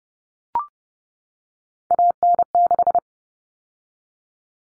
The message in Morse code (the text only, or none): AN6